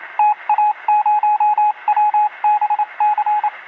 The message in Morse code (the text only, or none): TA0WBC